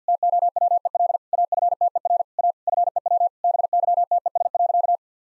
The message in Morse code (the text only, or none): TOWEL AFTER A FEW BYTES.